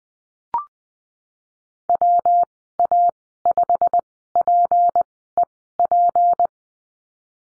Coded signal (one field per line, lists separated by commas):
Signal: Morse code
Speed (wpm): 20 wpm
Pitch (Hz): 700 Hz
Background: none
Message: WA5PEP